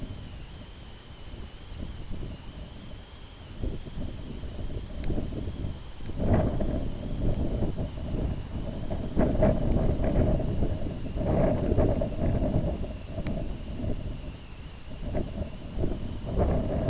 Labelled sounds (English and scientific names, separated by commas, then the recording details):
Lapland Longspur (Calcarius lapponicus), unidentified sound
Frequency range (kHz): Lapland Longspur (Calcarius lapponicus) 3.7-7.2 kHz
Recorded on Arctic tundra, site IGLO-B, on 23 June 2018
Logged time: 11:59